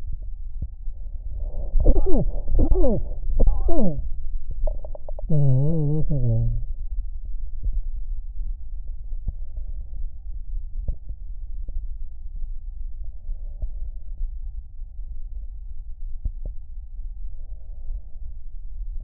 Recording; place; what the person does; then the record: lung sounds by stethoscope; right anterior apical chest; quiet breathing, then cough and speech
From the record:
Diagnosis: COPD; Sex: male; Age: 77 years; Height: 164 cm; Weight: 58.2 kg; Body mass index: 21.6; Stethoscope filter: extended mode